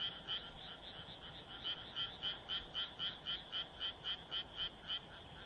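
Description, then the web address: Frog croaking in short, bright pulsed notes, about three or four per second, steady and rhythmic, with a soft hiss behind. "kaeru kaeru"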